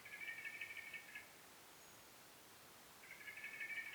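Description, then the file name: Common blackbird: two drawn-out, slightly rasping notes at the start and end, with a quiet pause between them. "Turdus merula"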